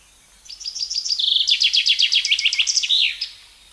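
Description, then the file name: Common chaffinch song, a rapid cascade of sharp notes that drops in steps through trilled phrases and ends in a quick flourish, clear over a quiet background. "Fringilla coelebs"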